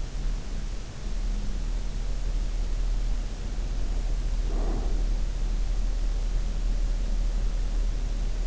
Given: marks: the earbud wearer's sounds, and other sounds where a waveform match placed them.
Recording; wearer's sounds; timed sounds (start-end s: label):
sounds in sleep by an in-ear microphone; breath
3.55-5.34 s: breath